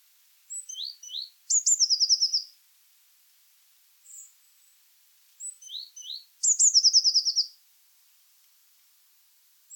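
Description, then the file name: Eurasian blue tit: a few short descending chips lead into a high rapid trill, the sequence heard twice about five seconds apart. "Cyanistes caeruleus"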